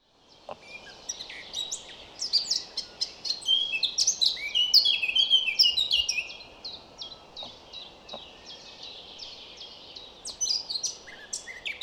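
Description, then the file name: Eurasian blackcap warbling song, a run of varied clear notes growing louder to a peak midway, then softer twittering phrases toward the end. "Sylvia atricapilla"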